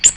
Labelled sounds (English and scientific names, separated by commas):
Ovenbird (Seiurus aurocapilla) flight call